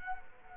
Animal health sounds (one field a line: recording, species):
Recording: mosquito wingbeat signal from an infrared sensor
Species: Culex quinquefasciatus